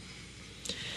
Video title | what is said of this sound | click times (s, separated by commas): NEW Polo Blue Parfum First Impressions - This Is IMPRESSIVE! | um cap does click into place so i can already smell it | 0.7 s